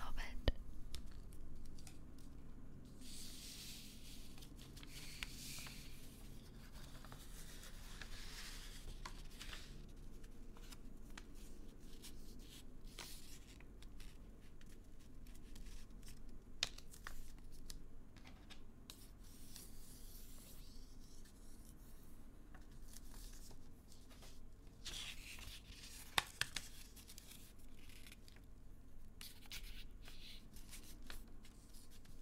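Soft tapping and rustling folding sounds run throughout, with repeated bursts of hissy, whisper-like sound rising and fading every few seconds. Sharp little clicks punctuate it now and then, with a couple of louder taps near 26 seconds over a steady low hum.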